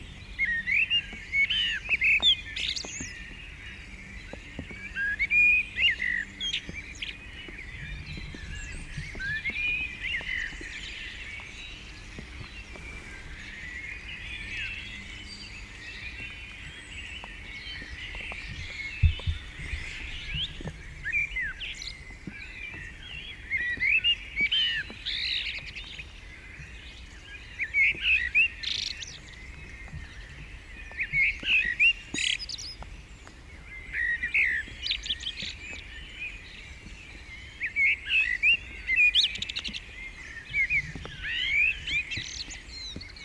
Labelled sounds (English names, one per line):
Common Blackbird song